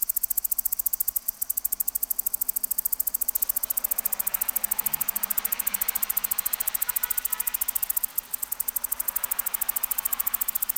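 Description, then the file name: Tettigettalna argentata song of regular, sharp high-pitched ticks in quick succession, with two brief stumbles in the rhythm, above a soft rushing background. "Tettigeta argentata"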